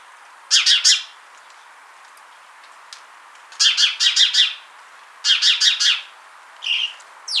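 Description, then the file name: House sparrow calling in three bursts of rapid, rough chirps, then softer notes near the end. "Passer domesticus"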